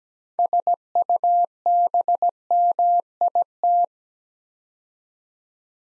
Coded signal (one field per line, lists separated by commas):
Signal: Morse code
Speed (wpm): 17 wpm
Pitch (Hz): 700 Hz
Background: none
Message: SUBMIT